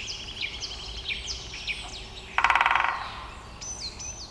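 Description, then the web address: Woodpecker drumming: one rapid burst of knocks lasting under a second, amid whistled songbird calls. "Dzięcioł odgłos"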